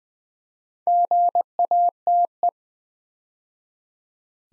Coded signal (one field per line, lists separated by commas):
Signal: Morse code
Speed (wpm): 20 wpm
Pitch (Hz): 700 Hz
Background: none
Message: GATE